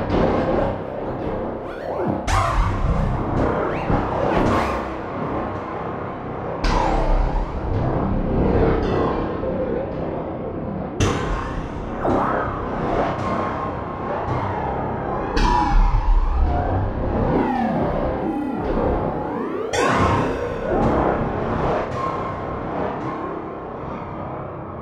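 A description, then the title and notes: A series of impact sounds lands at fairly regular intervals, about every four to five seconds, each a sharp crack with a bright top that fades quickly. Between hits, a dense, heavy low rumble churns on steadily without letting up. Processing a series of impact sounds (sounds I made for the Backbone factory library) with UVI Shade 1.2, automating the installed Macros in LogicX. Demo starts dry, some reverb is provided by Breeze 2.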